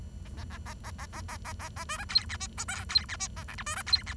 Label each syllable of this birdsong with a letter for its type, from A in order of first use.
A A A A A A A A A A A B C D E F G H D E F A I J B C D E